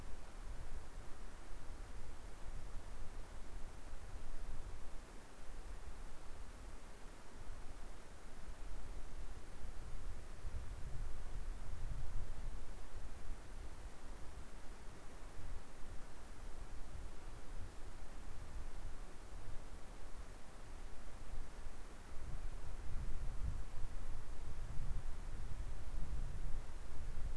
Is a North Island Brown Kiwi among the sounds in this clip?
no